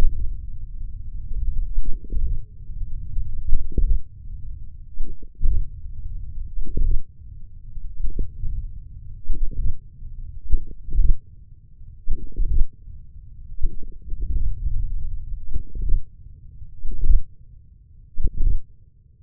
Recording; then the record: forearm muscle sounds (acoustic myography)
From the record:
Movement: hand opening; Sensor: system 1, eight BSWA MPA416 microphones around the upper forearm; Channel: 5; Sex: male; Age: 28 years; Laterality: right